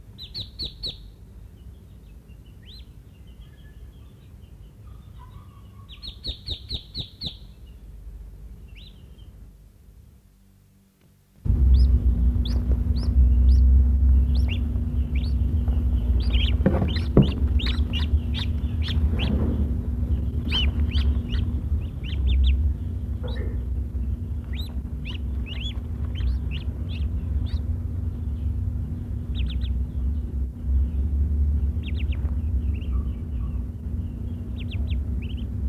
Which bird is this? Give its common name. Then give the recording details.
Muscovy Duck. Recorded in captivity. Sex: group. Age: immature. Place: Zoo Hannover, Niedersachsen, DE. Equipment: Halbspur, 9,5 cm/s. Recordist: Lütgens, Hans